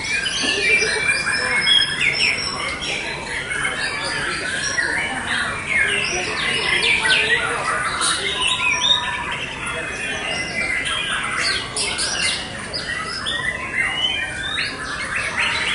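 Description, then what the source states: White-rumped shama song with loud clear whistles and quick chattering notes, bursts rising and falling in intensity throughout. Wild bird in forest; presented as its original, natural song.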